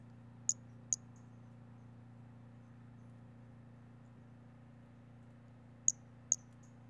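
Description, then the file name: Pumpkin toadlet producing paired high, brief clicking notes, one pair at the start and another near the end, with a low steady hum throughout. Individual 08, one animal, collected as museum specimen MHNCI 10297. "Brachycephalus albolineatus individual 08 example 04 collected MHNCI 10297"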